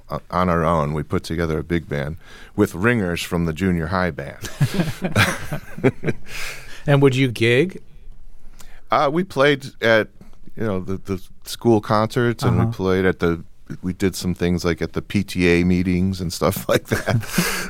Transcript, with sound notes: on our own. We put together a big band with ringers from the junior high band.
(LAUGHTER)
And would you gig?
We played at, you know, the school concerts, and we played at the - we did some things, like, at the PTA meetings and stuff like that.